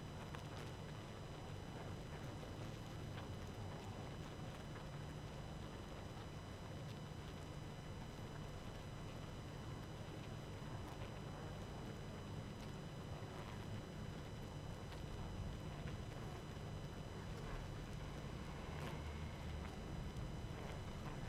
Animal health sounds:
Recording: honeybee colony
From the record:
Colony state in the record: active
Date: 12 June 2018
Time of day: 22:04

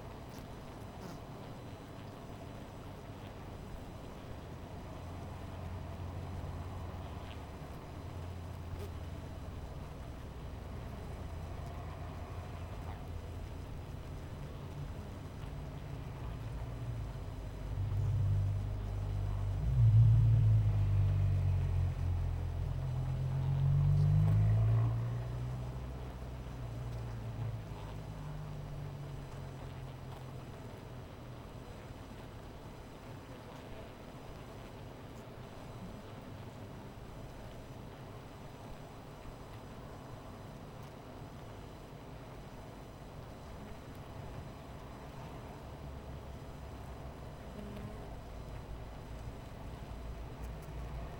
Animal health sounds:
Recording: honeybee colony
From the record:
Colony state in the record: missing queen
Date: 14 July 2017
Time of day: 17:27

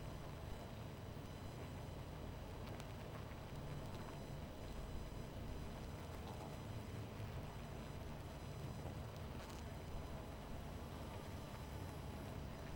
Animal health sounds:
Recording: honeybee colony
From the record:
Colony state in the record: missing queen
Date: 14 July 2017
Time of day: 22:47

